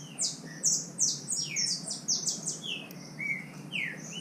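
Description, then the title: Green-winged saltator singing in quick bursts of sweeping downslurred whistles, bright high notes layered over lower slurs, with constant faint background noise. Wild bird in the woods, nicknamed Nicão, singing in contest with another free-living bird. "Trinca Ferro NICÃ O No Mato Disputando Com Solto"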